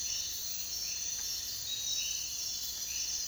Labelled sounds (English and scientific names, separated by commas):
none